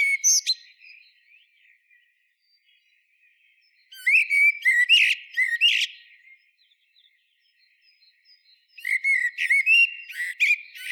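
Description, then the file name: Eurasian blackbird singing three phrases spaced several seconds apart, mixing mellow, fluty whistles with rapid, squeaky high twitters. "Turdus merula"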